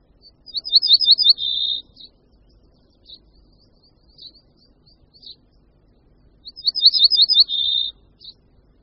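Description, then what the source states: Ortolan bunting singing two phrases, each a brisk series of high notes ending on a lower sustained tone. Faint short notes fill the gaps between the phrases. Song of only 3–4 softer, slower notes, final note clearly falling, sounding melancholy; very rare in the Czech Republic; migratory, arriving April–May, leaving for sub-Saharan Africa late August–September.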